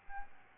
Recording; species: mosquito wingbeat signal from an infrared sensor; Aedes albopictus